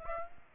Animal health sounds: mosquito wingbeat signal from an infrared sensor; Aedes aegypti

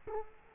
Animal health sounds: mosquito wingbeat signal from an infrared sensor; Culex quinquefasciatus

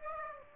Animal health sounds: mosquito wingbeat signal from an infrared sensor; Aedes aegypti

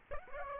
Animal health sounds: mosquito wingbeat signal from an infrared sensor; Aedes aegypti

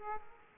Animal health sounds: mosquito wingbeat signal from an infrared sensor; Aedes aegypti

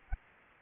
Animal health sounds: mosquito wingbeat signal from an infrared sensor; Anopheles arabiensis

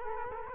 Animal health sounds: mosquito wingbeat signal from an infrared sensor; Culex quinquefasciatus

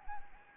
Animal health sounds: mosquito wingbeat signal from an infrared sensor; Anopheles gambiae

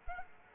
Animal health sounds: mosquito wingbeat signal from an infrared sensor; Culex quinquefasciatus

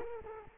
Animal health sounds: mosquito wingbeat signal from an infrared sensor; Culex quinquefasciatus

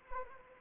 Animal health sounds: mosquito wingbeat signal from an infrared sensor; Anopheles arabiensis

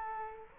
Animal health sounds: mosquito wingbeat signal from an infrared sensor; Culex quinquefasciatus

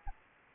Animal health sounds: mosquito wingbeat signal from an infrared sensor; Anopheles arabiensis

